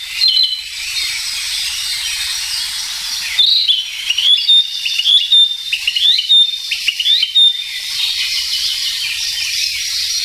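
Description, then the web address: Narcissus flycatcher, phrases of clear whistles repeated in the middle, set against a persistent high hiss. "sikioto. kibitaki"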